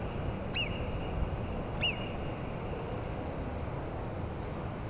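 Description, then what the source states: Alpine marmot alarm calls: two sharp, chevron-shaped whistles rising then falling, spaced a little over a second apart, amid a steady rumbling background. Several Alpine marmots whistling, alarmed by the recordists' presence; Plateau d'Aiguallut near Carretera de La Besurta, Benasque, Huesca, Spain; Sennheiser MKH8040 ORTF pair with Sound Devices MixPre6.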